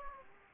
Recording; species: mosquito wingbeat signal from an infrared sensor; Aedes aegypti